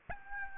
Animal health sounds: mosquito wingbeat signal from an infrared sensor; Aedes albopictus

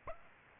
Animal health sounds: mosquito wingbeat signal from an infrared sensor; Aedes aegypti

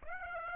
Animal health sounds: mosquito wingbeat signal from an infrared sensor; Aedes aegypti

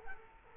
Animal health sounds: mosquito wingbeat signal from an infrared sensor; Culex quinquefasciatus

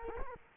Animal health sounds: mosquito wingbeat signal from an infrared sensor; Culex quinquefasciatus

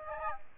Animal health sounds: mosquito wingbeat signal from an infrared sensor; Aedes albopictus

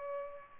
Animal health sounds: mosquito wingbeat signal from an infrared sensor; Culex pipiens

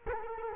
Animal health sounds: mosquito wingbeat signal from an infrared sensor; Culex quinquefasciatus

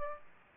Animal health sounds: mosquito wingbeat signal from an infrared sensor; Aedes aegypti

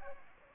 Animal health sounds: mosquito wingbeat signal from an infrared sensor; Aedes aegypti

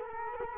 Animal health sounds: mosquito wingbeat signal from an infrared sensor; Culex quinquefasciatus

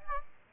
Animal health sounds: mosquito wingbeat signal from an infrared sensor; Aedes aegypti

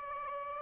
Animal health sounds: mosquito wingbeat signal from an infrared sensor; Aedes aegypti

